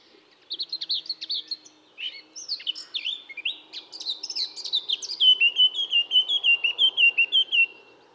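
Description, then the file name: Eurasian blackcap song opening with scratchy warbling, building to a rich varied phrase and ending in a series of loud, clear fluted whistles. "Sylvia atricapilla"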